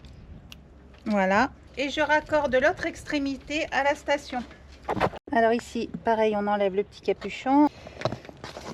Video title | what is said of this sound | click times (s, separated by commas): 128 – Présentation et installation Solar Bank 2 E 1600 Pro Anker SOLIX #AnkerSOLIX #2E1600pro | La prise mâle va dans la prise femelle jusqu'au clic. Voilà. | 0.5 s